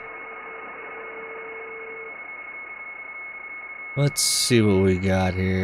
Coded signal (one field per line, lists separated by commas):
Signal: PSK31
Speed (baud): 31.25 baud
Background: speech